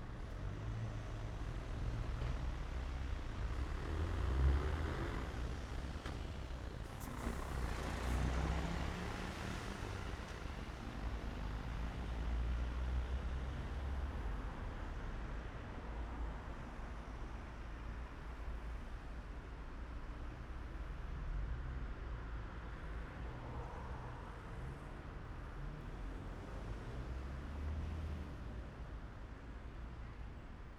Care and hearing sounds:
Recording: everyday scene through a hearing-aid microphone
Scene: in traffic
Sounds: traffic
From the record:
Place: main city hub, rush hour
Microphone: behind the ear, right, front

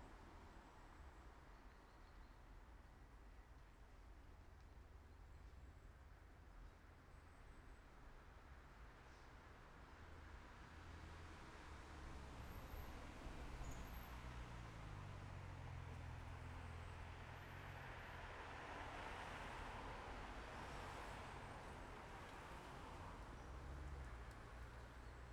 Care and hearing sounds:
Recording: everyday scene through a hearing-aid microphone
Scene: in traffic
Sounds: traffic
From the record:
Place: main road on the outskirts, rush hour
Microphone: behind the ear, left, rear

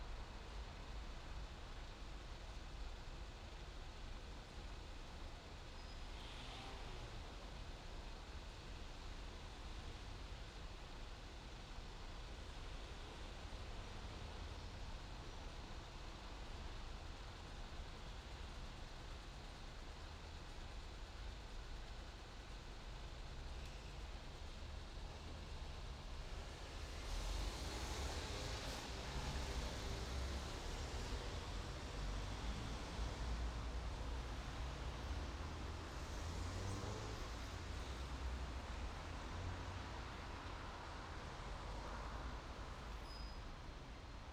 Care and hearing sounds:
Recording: everyday scene through a hearing-aid microphone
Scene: in traffic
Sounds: traffic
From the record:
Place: main city hub, rush hour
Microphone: in the ear canal, right

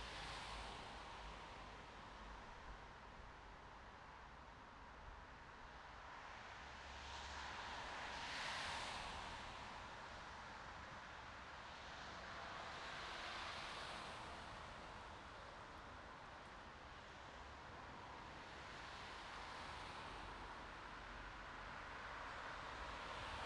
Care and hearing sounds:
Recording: everyday scene through a hearing-aid microphone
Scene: in traffic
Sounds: traffic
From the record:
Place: bus stop on a city main road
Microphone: in the ear canal, right

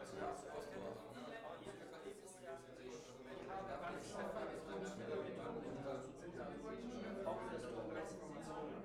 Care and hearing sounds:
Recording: everyday scene through a hearing-aid microphone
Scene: many people talking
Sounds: many voices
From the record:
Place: bistro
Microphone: behind the ear, left, front

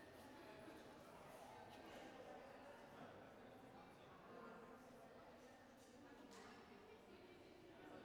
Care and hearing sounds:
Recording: everyday scene through a hearing-aid microphone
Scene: reverberant space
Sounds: background noise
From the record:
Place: railway station hall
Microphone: behind the ear, right, rear

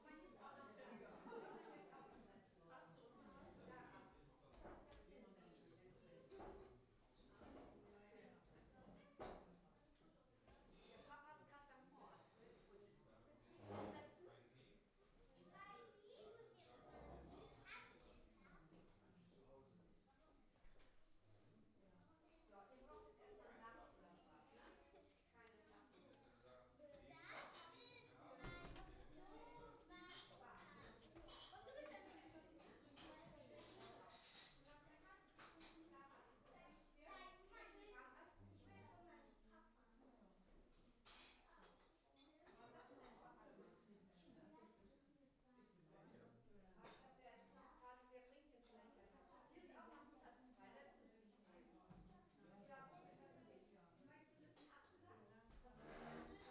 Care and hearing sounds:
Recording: everyday scene through a hearing-aid microphone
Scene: many people talking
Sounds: many voices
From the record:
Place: parish hall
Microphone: behind the ear, left, rear

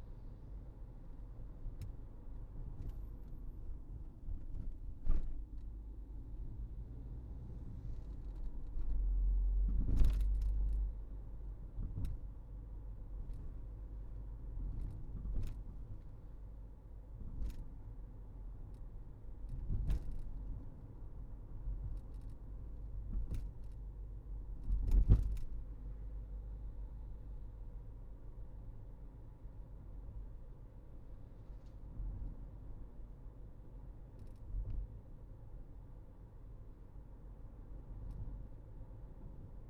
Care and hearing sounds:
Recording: everyday scene through a hearing-aid microphone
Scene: in a vehicle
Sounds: engine, highway driving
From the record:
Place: Berlingo II, diesel engine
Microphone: behind the ear, right, front

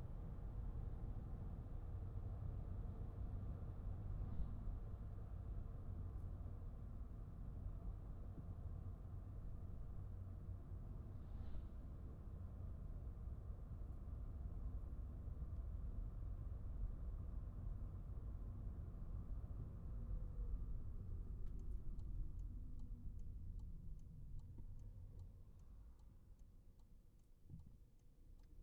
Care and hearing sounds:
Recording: everyday scene through a hearing-aid microphone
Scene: in a vehicle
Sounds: engine, highway driving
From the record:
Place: Skoda Fabia, gasoline engine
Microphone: behind the ear, right, rear

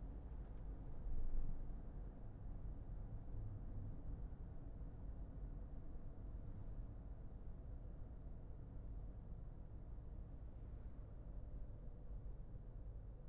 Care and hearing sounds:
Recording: everyday scene through a hearing-aid microphone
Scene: in a vehicle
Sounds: engine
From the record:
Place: Berlingo II, diesel engine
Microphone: behind the ear, left, rear

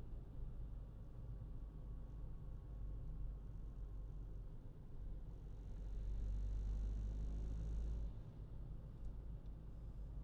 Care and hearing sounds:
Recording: everyday scene through a hearing-aid microphone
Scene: in a vehicle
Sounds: engine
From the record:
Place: Berlingo II, diesel engine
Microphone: in the ear canal, left

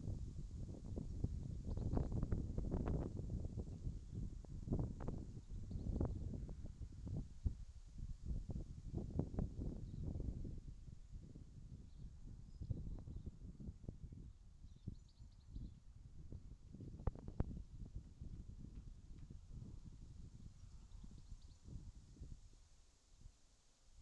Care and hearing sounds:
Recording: everyday scene through a hearing-aid microphone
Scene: wind on the microphone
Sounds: wind, birds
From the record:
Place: in front of a rural house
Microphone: in the ear canal, left

